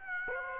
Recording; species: mosquito wingbeat signal from an infrared sensor; Aedes aegypti